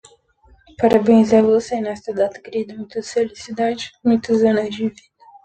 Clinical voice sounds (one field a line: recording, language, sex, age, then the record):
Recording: short text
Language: Brazilian Portuguese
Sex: female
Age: 20 to 29 years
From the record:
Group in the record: control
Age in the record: 27 years